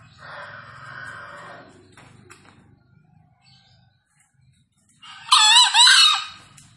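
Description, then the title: Green junglefowl crowing. A fainter, rasping call is followed after a quiet pause by a loud, harsh two-part crow. Wild green junglefowl released to roam free, calling loudly and persistently from up in a tree; recording presented as a lure call for junglefowl. "Panggilan Ayam Hutan Liar. Ayam Hutan Hijau Dilepas Bebas n Bunyi Gacor Diatas Pohon"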